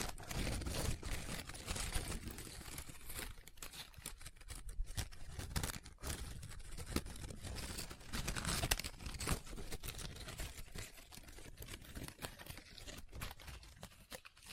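Paper is folded, rubbed and crinkled in a continuous, busy stream of dry rustling and scratching. The sound is dense and irregular, with frequent short crackles and brief gaps, softer stretches around the middle and a gradual fade toward the end.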